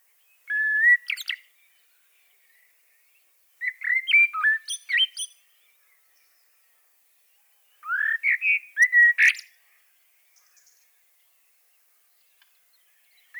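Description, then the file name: Common blackbird song: three separate mellow whistled phrases with pauses between, each ending in a squeaky, higher twittering flourish. "Turdus merula"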